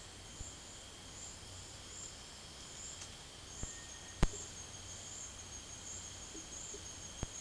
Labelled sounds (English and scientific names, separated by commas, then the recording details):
Cinereous Tinamou (Crypturellus cinereus)
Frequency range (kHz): Cinereous Tinamou (Crypturellus cinereus) 1.5-2.3 kHz
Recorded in dense forest near Puerto Asís, Putumayo, Colombia, on 21 February 2024 at 09:30
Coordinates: 0.485, -76.322
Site G6406